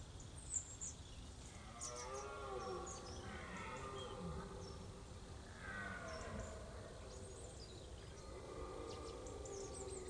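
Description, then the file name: Red deer bellowing: several long, hoarse, harmonic roars over steady background hiss. Stag bellowing during the rut. "brame du cerf jeanmarclhotel"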